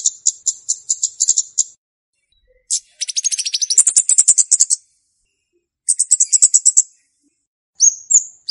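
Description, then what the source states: Flowerpecker (Cabe-cabean): flowerpecker calling with rapid strings of thin, very high ticks, a denser buzzy run in the middle, and a couple of short slurred chips at the end. Calls for luring birds.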